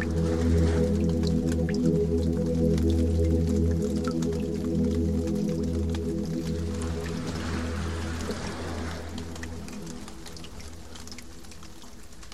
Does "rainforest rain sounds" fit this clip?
yes